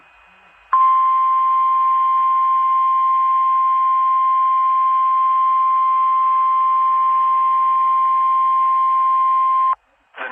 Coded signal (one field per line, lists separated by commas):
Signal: Emergency Alert System (SAME) tones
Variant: 1050 Hz attention tone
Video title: Special Marine Warning Upton NY EAS#68 NOAA Weather Radio Station KWO35